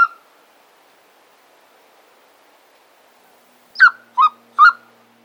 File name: Golden Eagle